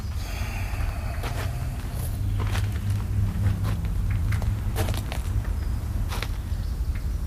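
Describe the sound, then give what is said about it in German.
A handful of slow, uneven footsteps of someone stepping backwards, sharp scuffing taps over a steady low rumble. No one speaks. “Gehen Sie 5 Schritte zurück, Inspektor.”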